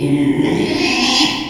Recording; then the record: squeal of a Yucatan mini pig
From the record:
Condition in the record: after surgery on the right vocal fold (resection and tissue-engineered implant); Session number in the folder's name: 2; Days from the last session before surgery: 13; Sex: male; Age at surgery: 12 weeks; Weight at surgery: 13 kg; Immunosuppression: cyclosporine, prednisolone